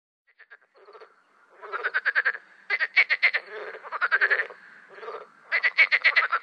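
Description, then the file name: Marsh frog giving rapid, laughing rattles of pulses that start faint and build into loud bursts of roughly a second, separated by brief quieter gaps. "grenouille rieuse"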